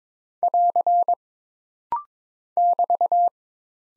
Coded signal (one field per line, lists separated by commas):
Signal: Morse code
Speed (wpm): 22 wpm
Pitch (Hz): 700 Hz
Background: none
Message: <AR> <BT>